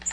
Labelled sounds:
Nashville Warbler flight call

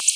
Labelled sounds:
Black-throated Blue Warbler flight call

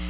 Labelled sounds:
Black-throated Blue Warbler flight call

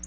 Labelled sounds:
Black-throated Blue Warbler flight call

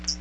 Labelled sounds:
Hooded Warbler flight call

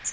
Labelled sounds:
Magnolia Warbler flight call

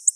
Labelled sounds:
Black-throated Blue Warbler flight call

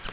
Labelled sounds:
Nashville Warbler flight call

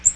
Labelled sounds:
Magnolia Warbler flight call

